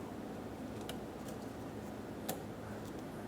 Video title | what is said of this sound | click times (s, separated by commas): How to Replace Power Steering Pump 2007-2012 Nissan Altima | Push until you hear a click. | 2.3 s